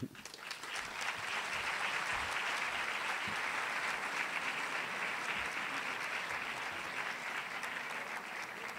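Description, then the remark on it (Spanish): Sustained audience applause at a talk event, a general round for all the speakers: a dense steady wash of many hands clapping at an even, fairly loud level for several seconds with no talking over it. “Vamos a hacer un acto de 2 minutos, una entrega de regalos a todos los ponentes y un aplauso general a todos y una foto.”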